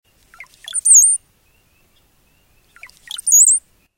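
Cowbird song given twice: a few low gurgling notes followed by a thin, high, sliding whistle, each phrase about a second long, with a quiet pause between.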